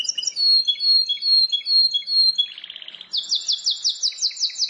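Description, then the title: Prinia singing high thin slurred whistles, then a short buzzy rattle, followed by a quick series of sharp downslurred chips repeated several times a second. "Ciblek Sawah"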